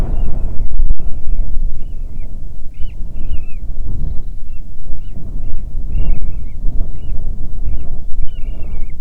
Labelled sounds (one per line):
bird
wind